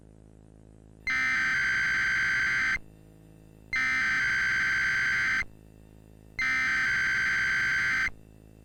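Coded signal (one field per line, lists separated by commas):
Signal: Emergency Alert System (SAME) tones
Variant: header bursts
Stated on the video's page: Fictional EAS scenario set in California, made with generative AI voices.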